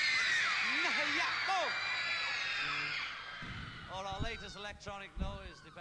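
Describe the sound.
A dense wash of high-pitched shrieking from a large crowd of girls fills the first half, loud and continuous, then a man's voice speaks as the screaming thins out behind him.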